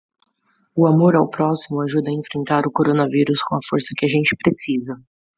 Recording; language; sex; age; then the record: spoken sentence; Brazilian Portuguese; female; 30 to 39 years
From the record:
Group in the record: control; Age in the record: 31 years